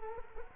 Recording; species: mosquito wingbeat signal from an infrared sensor; Culex quinquefasciatus